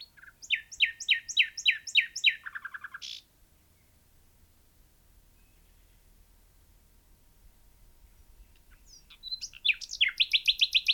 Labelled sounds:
Common Nightingale (Luscinia megarhynchos) song
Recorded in the wild
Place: Albesti, Transilvania, RO
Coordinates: 46.258, 24.86
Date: 1973-04-28 11:30
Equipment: Nagra III BH, Sennheiser MD 21, parabola
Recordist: Schubert, Michael

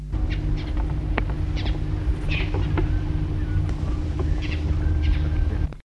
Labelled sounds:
Marico Flycatcher (Bradornis mariquensis) alarm call
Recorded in the wild
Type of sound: alarm call
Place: Südwestafrika
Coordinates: -23, 17
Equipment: Halbspur, 9,5 cm/s
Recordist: Lütgens, Hans
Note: Warnen

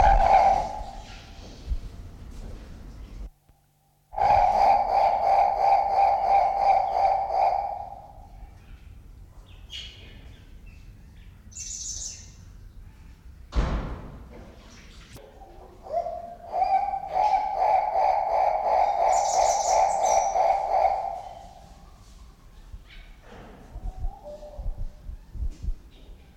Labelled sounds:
Guinea Turaco (Tauraco persa)
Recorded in captivity
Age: adult
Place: Zoo Berlin, Berlin, DE
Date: 1993-03-06
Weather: 3-6 °C, heiter bis wolkig
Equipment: Marantz CP 430, Sennheiser ME 80, Kopie Uher Variocord 263
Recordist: Tembrock, Günter

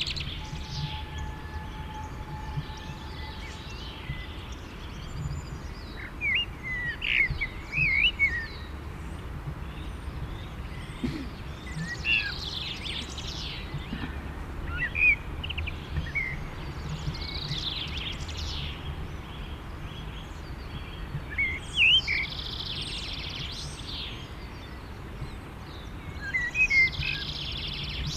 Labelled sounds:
Common Blackbird (Turdus merula) song
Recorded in the wild
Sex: male
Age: adult
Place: Garmisch-Partenkirchen, Bayern, DE
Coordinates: 47.4925, 11.0736
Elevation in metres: 708
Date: 1969-04-13
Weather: Schneefall
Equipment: Uher 4000 Report
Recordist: Tretzel, Erwin

